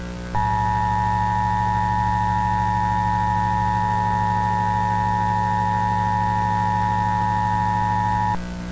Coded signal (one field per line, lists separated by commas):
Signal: Emergency Alert System (SAME) tones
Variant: 853 and 960 Hz attention tone